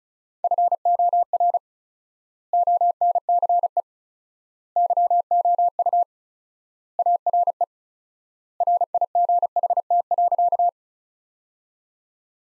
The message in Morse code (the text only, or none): FOR ONCE YOU ARE RIGHT.